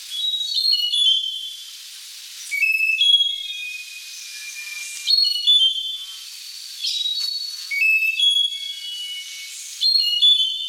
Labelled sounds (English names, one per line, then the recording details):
Slaty-backed Nightingale-Thrush song
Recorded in the wild
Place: Monteverde Urwaldreservat, CR
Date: 1992-04-16
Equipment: Dat-Recorder Casio DA 7, Telinga DAT, Telinga-Parabolspiegel
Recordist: Schwarz, Dieter
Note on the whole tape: Song